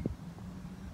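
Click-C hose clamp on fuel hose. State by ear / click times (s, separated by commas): seated / 0.1 s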